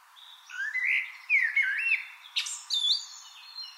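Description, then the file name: Eurasian blackbird song: a rich, mellow warbled phrase sliding up and down, then ending in a squeaky high twitter, with faint high bird notes behind. "Turdus merula"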